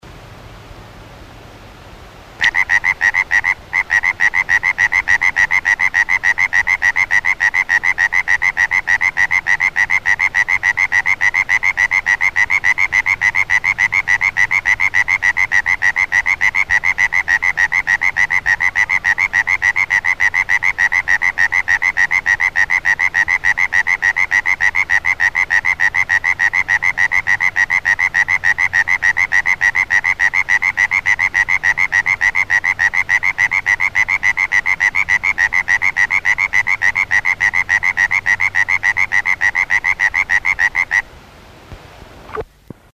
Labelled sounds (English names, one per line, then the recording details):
Common Tree Frog call
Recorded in the wild
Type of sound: advertisement call
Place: Schweinsberg, DE
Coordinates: 50.765, 8.9675
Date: 1964-04-21
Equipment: Uher Report 4000, AKG D190
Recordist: Krey, Winfried